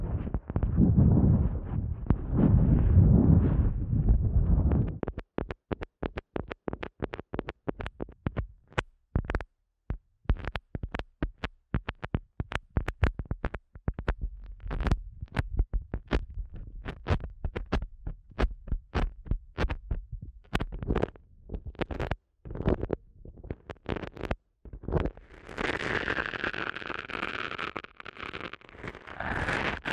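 An ASMR eardrum massage begins with five seconds of low, muffled rubbing, then turns into a long run of sharp taps and clicks, dense and uneven, with brief silent gaps. Near the end, a brighter scratchy rustle takes over.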